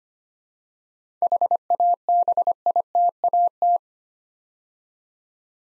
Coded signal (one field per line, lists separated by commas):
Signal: Morse code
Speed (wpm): 25 wpm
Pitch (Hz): 700 Hz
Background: none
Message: HABITAT